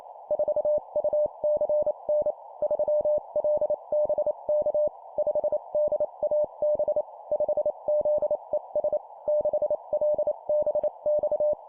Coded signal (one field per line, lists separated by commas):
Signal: Morse code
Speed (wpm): 28 wpm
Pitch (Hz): 600 Hz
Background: none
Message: 4UCN 3LBK 5DAB 5ZES 6LBX